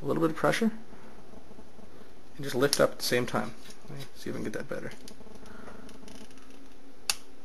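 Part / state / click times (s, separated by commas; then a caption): plastic retention clip on a part inside a desktop computer / released / 7.1 s. A plastic retention clip on a part inside a desktop computer is pried up with a screwdriver while the part is lifted, as someone talks during the first five seconds. Faint small ticks follow, then a single sharp click at 7.1 s as the clip snaps open and releases.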